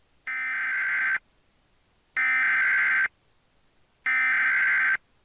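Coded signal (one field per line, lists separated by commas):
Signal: Emergency Alert System (SAME) tones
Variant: header bursts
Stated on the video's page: Fictional nuclear attack EAS scenario.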